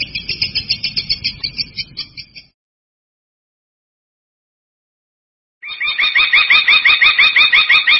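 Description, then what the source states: Long-tailed shrike song: fast, regular series of sharp, ringing notes, a pause of about three seconds, then another rapid rattling series. Song of a champion contest bird.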